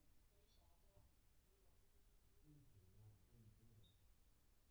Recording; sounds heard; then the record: poultry house recording; no chicken sound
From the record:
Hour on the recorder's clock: 18